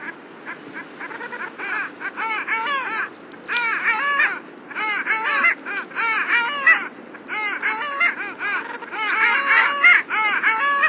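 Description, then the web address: Long-tailed duck: rapid, nasal, yodelling calls in dense overlapping bursts, rising and falling in loudness throughout. North America. "Songs of Birds of North America. Oldsquaw"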